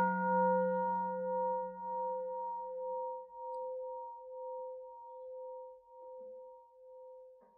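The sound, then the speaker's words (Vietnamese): A single temple bell is struck once, the second of three bell strikes in a Buddhist ceremony, its low hum fading within a few seconds while two bright, steady overtones ring on for a long, slowly decaying sustain with no talking. “Nghe tiếng chuông thứ hai bằng tất cả tấm lòng chân thành cung kính hướng về chánh pháp ly dục vô thượng.”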